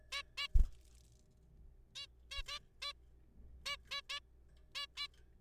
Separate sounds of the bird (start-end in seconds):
0.12-0.22, 0.38-0.47, 1.96-2.06, 2.31-2.42, 2.48-2.59, 2.82-2.92, 3.66-3.76, 3.91-4.00, 4.10-4.19, 4.75-4.86, 4.97-5.07